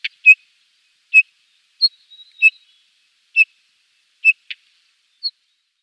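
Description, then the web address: Rufous-tailed Rock-Thrush giving sparse single whistled notes and a few soft clicks, spaced roughly a second apart, with a faint thin whistle in between. "Schulze Peter Rufous-tailed Rock-Thrush calls"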